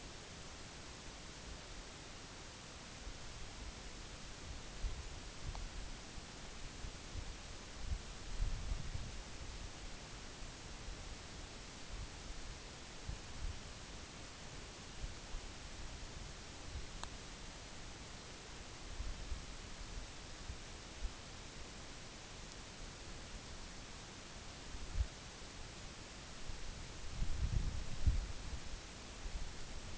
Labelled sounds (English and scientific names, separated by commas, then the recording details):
none
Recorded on Arctic tundra, site NAIT-1, on 24 June 2019
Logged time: 14:00